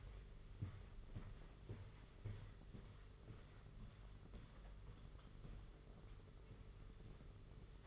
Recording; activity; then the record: daily activity, microphone in the room; walk to room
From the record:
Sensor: 4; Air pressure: 992.0 hPa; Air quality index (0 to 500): 84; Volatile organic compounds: 6 ppm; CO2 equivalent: 1922 ppm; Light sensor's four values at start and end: 21/74/27/29 and 21/75/27/29